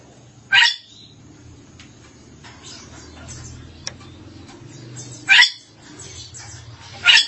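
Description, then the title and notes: Starling giving three loud harsh rasping screeches at uneven intervals. "suara burung jalak"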